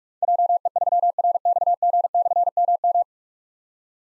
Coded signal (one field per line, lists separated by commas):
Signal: Morse code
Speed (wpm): 47 wpm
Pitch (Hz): 700 Hz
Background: none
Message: JE3RXG/MM